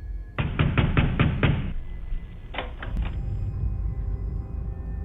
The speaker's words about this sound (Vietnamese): Cánh cửa gỗ cứ rung lên từng hồi, bần bật.